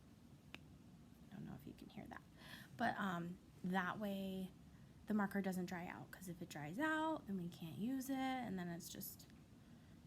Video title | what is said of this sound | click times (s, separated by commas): Writing Practice | because and we want to make sure we hear it snap i don't know if you can hear that | 0.5 s